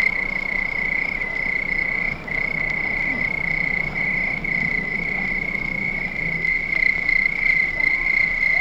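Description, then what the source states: Crickets sing a steady high-pitched trill. Crickets recorded at night.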